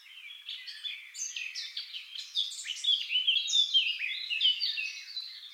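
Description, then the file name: Eurasian blackcap song, a steady scratchy warble of mixed chirps and short whistles that grows louder toward the middle. "Sylvia atricapilla"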